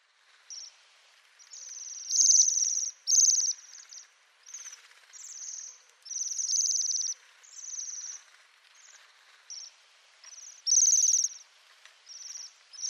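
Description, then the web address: Bohemian waxwing calls: short high buzzy trills repeated in bursts, some loud, some faint. "pinson siffleur bombycilla garrulus"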